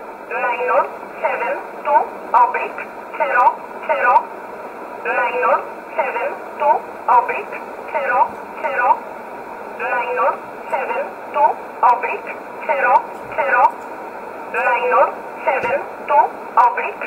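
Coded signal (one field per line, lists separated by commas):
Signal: numbers station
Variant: E11 Oblique, English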